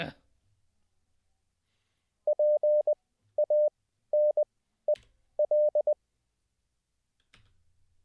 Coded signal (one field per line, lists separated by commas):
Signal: Morse code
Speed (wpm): 20 wpm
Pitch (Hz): 600 Hz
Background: none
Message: PANEL